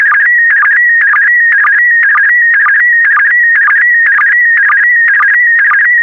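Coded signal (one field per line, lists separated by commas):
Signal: SSTV (slow-scan television)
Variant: PD120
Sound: warbling whistle near 2 kHz with rhythmic chirpy bursts twice a second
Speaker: the next image transmission will start in 10 seconds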